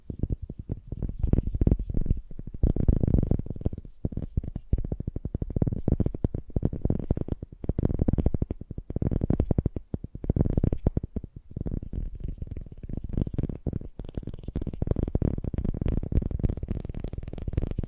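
Fast, gentle tapping runs without pause, a dense patter of soft strikes so rapid they blur into a fluttering texture. The sound sits low and muffled, with brief lighter gaps near ten and fourteen seconds before the tapping swells again.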